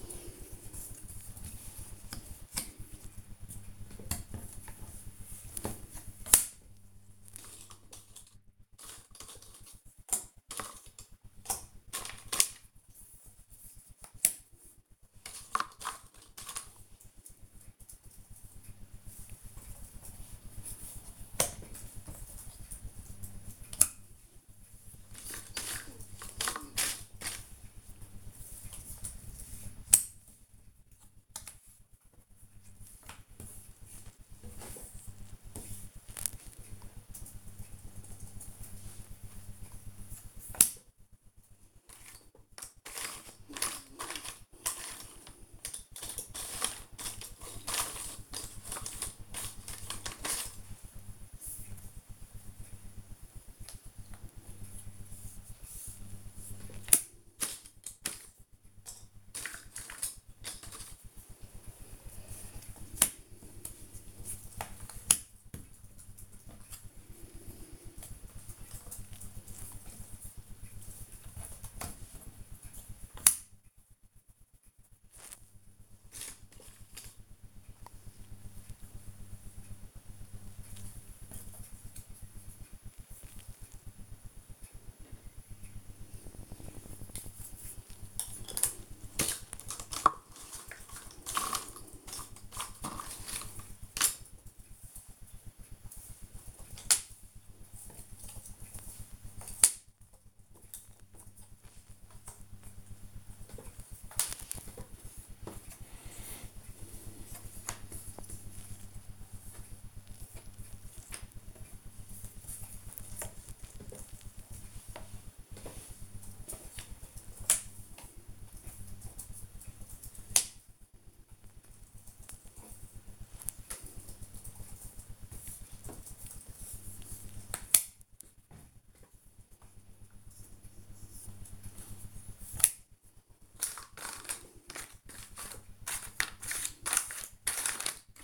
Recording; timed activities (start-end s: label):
household activities, microphone on the right wrist
0.00-40.06 s: doing a puzzle
42.07-138.24 s: doing a puzzle